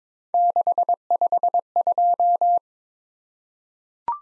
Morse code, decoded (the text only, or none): 652